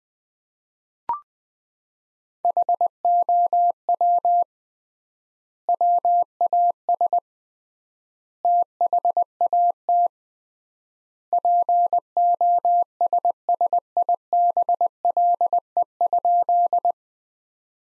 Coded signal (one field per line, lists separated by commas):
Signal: Morse code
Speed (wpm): 21 wpm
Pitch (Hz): 700 Hz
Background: none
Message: HOW WAS THAT POSSIBLE?